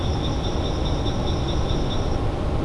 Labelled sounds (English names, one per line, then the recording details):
Great Tit
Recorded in Germany
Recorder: ecoPi